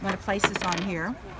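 A snap-on presser foot adapter is being handled and pressed toward the presser bar of a sewing machine, while someone talks throughout. The clip ends just before the part goes home, and nothing has seated or clicked yet.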